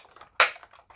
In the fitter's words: You'll hear it click just like you just heard.